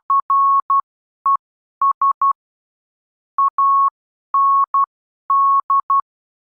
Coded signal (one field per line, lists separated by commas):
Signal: Morse code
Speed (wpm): 12 wpm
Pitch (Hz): 1100 Hz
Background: none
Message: RES AND